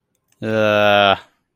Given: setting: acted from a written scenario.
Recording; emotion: vocal sound without words; disgust